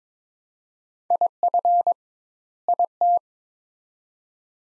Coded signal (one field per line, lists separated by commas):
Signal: Morse code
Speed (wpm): 22 wpm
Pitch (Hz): 700 Hz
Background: none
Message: IF IT